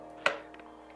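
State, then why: Seated. A headrest mounting bracket for a Herman Miller Embody office chair is slipped in behind the antler of the plastic chair spine and pushed until it snaps in, aiming for two clicks, one on each side. A sharp, bright click comes at 0.3 s, followed by a fainter click at 0.5 s. The headrest mount is seated on the backrest spine.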